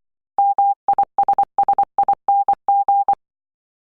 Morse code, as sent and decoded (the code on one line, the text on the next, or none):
-- .. ... ... .. -. --.
MISSING